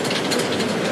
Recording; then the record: background sound without coughing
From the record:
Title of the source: Office Sounds Ambience - Background Noise for Study and Work